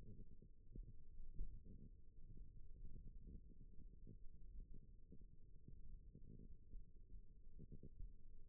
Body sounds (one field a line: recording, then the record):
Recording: forearm muscle sounds (acoustic myography)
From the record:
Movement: index flexion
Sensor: system 1, eight BSWA MPA416 microphones around the upper forearm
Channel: 4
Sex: female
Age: 21 years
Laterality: right